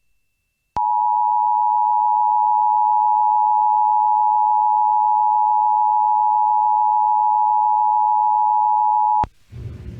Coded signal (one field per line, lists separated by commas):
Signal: Emergency Alert System (SAME) tones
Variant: 853 and 960 Hz attention tone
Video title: The Day That Nevada Tested Late (EAS #13371-13380) 9/28/23